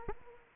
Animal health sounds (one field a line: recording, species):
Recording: mosquito wingbeat signal from an infrared sensor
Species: Aedes aegypti